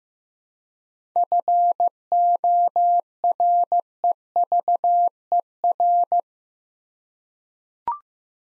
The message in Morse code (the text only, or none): FOREVER